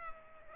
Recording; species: mosquito wingbeat signal from an infrared sensor; Culex pipiens